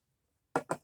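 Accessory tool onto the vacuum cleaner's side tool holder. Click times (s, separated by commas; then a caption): 0.6 s. An accessory tool is pushed onto the side tool holder of a Henry Pets cylinder bagged vacuum cleaner and locks into place with a sharp click at 0.6 s. Two quieter knocks follow at about 0.7 s and 0.8 s, after near silence with faint low rumble.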